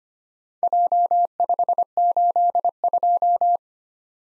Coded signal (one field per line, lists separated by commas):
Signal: Morse code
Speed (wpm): 25 wpm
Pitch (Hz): 700 Hz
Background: none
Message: J582